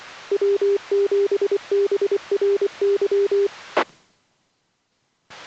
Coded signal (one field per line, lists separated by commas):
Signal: Morse code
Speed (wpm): 24 wpm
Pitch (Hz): 400 Hz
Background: none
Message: W7BRY